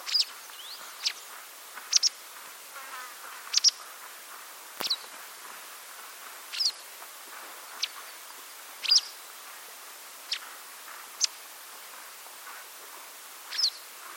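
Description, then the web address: White wagtail calls: short, sharp high chirps given singly or in quick pairs at irregular intervals. "cianscape birddata Deverinetal 2025"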